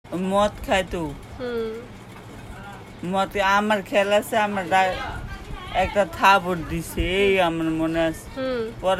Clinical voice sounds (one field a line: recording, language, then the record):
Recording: elicited speech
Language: Bengali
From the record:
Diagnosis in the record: Broca's or global aphasia after a stroke